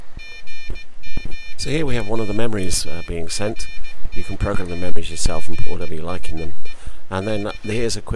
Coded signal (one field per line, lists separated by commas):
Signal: Morse code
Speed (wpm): 17 wpm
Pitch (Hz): 2400 Hz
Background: speech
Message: G0MGX PSE K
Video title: My K3NG Arduino CW Keyer Build